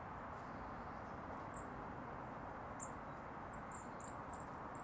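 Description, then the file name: Eurasian blue tit calls: a few very high, thin, short notes, bunching into a quick run near the end, over a steady background hiss. "Cyanistes caeruleus"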